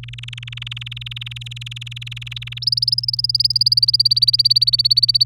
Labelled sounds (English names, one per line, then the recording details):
Domestic Canary song
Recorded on 30 April 2018 at 14:39
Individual llb3